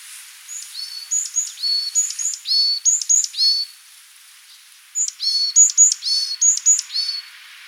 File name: Parus varius